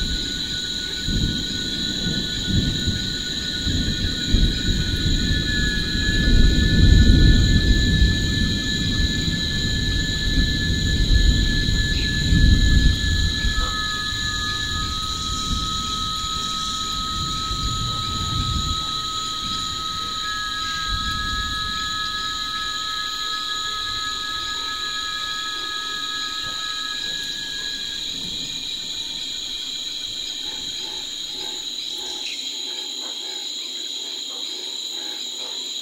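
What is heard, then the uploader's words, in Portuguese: Animals call after rain: steady shrill insect drones and thin whistling tones, over low rumbling noise that swells early then fades out. Uma confortável cabana em cima de uma bela e ancestral árvore na Serra da Bocaina (SP). A paisagem sonora que se escuta na copa de uma árvore. Os animais agradecem pela chuva cantando em dobro e nos deixamos ficar apenas escutando as águas baterem nas folhas.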